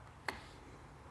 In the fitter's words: lever fits in there snap